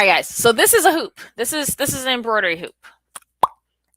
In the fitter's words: it snaps into place it clicks with this